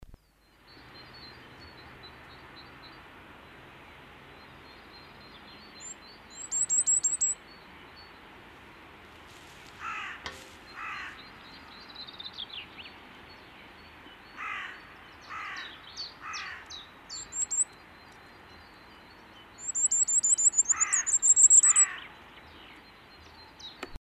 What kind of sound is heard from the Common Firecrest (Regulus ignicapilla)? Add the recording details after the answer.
song. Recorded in the wild. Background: Parus major, Corvus corone, Phylloscopus collybita. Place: Garmisch-Partenkirchen, Bayern, DE. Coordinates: 47.4931, 11.0636. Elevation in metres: 780. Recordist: Tretzel, Erwin. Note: Aufnahme Ostern 1971, Almhüttensenke, Garmisch-Partenkirchen: Gesang